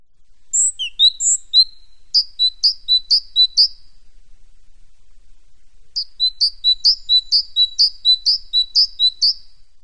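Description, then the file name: Great tit song: a few high introductory notes, then a fast run of repeated two-note phrases, a pause of about two seconds, then another long repeated run. "szencinege"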